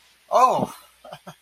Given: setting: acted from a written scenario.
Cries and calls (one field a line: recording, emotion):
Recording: vocal sound without words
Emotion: positive surprise